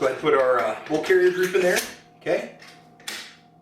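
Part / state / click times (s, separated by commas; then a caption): AR-15 charging handle into upper receiver / seated / 3.1 s. Someone talks as a generic Raptor-style metal charging handle is pushed forward into an AR-15 upper receiver with the bolt carrier group installed. A sharp metallic click at 3.1 s marks its latch catching and locking into place, which is a good sign.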